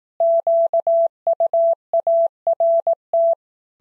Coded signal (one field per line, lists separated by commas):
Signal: Morse code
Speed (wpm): 18 wpm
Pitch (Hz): 670 Hz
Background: none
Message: QUART